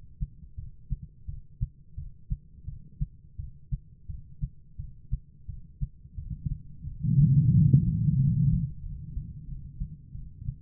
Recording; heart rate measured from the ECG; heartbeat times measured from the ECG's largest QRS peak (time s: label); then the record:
heart sounds by stethoscope; 88 bpm
0.56 s: heartbeat
1.26 s: heartbeat
1.95 s: heartbeat
2.65 s: heartbeat
3.37 s: heartbeat
4.07 s: heartbeat
4.77 s: heartbeat
5.47 s: heartbeat
6.16 s: heartbeat
6.85 s: heartbeat
7.52 s: heartbeat
8.17 s: heartbeat
8.81 s: heartbeat
9.46 s: heartbeat
10.13 s: heartbeat
From the record:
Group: healthy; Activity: breath hold 0-8 s, rest 8-11 s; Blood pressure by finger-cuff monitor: 155/103 mmHg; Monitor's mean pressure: 125 mmHg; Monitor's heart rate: 86 bpm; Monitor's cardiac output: 5.9 L/min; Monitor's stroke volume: 69 mL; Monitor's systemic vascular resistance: 1590 dyn s/cm5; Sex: female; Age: 51 years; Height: 162 cm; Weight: 70.04 kg